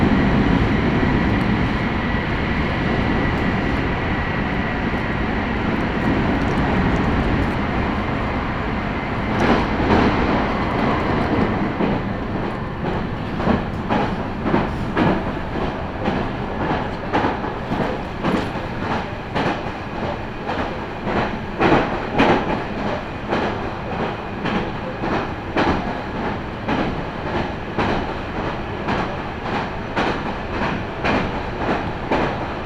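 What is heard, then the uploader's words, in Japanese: A steady rumble inside a moving train, with a faint whine early on, gives way after ten seconds to quick, regular clattering of wheels over rail joints. 名古屋鉄道 知多新線・河和線 内海→富貴→河和。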